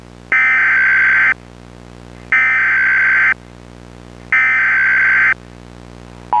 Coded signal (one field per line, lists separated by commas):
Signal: Emergency Alert System (SAME) tones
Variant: header bursts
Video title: EAS Mock: Destruction by Hidden Faults